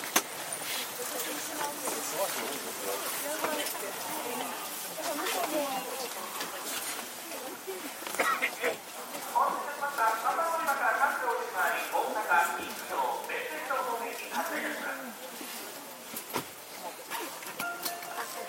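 Aboard a JR 323-series train, passengers' voices murmur over a steady rumble, with chatter growing denser midway and sharp clicks scattered throughout.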